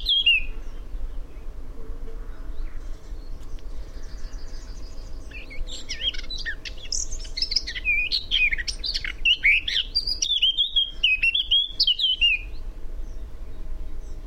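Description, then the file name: Eurasian blackcap song: a varied, rapid warble of scratchy and fluty notes running for about seven seconds, preceded by a brief high note at the start, over a steady low hum. "Sylvia atricapilla"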